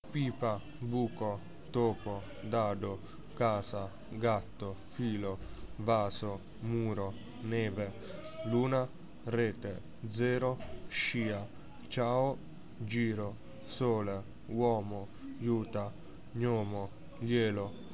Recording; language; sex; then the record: read list of words; Italian; male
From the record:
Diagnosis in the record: healthy control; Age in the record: 19 years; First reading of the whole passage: 55 s, 9.5 characters per second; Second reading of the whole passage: 47 s, 11.1 characters per second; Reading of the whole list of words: 45 s, 6.2 characters per second